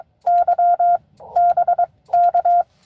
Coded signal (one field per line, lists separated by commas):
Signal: Morse code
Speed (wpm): 22 wpm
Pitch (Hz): 690 Hz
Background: none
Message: Y BK